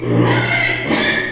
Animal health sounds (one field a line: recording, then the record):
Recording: squeal of a Yucatan mini pig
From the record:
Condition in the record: before surgery on the right vocal fold (resection and tissue-engineered implant)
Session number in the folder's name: 2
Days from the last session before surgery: 0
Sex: male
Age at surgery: 12 weeks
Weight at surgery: 13 kg